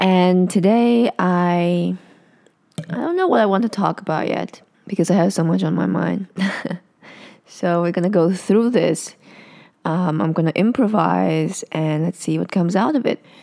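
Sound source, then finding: Adult male speaker. Stuttering.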